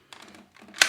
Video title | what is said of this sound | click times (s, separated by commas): How to UNCLOG a Dyson Ball Animal Vacuum and TROUBLESHOOT Suction Power | and clicks right in. And we're good to go. | 0.8 s